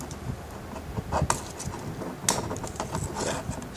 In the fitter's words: snaps in place